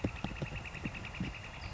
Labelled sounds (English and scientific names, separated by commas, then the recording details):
Northern Flicker (Colaptes auratus)
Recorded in Sonoma County, California